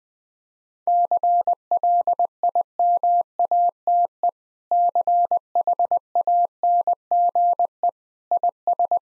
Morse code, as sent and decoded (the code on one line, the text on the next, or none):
-.-. .-.. .. -- .- - . / -.-. .... .- -. --. . / .. ...
CLIMATE CHANGE IS